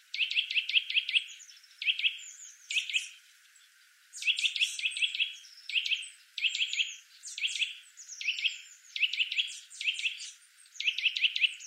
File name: Sitta europaea